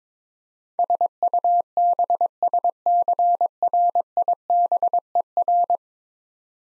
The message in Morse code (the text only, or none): SUBSCRIBER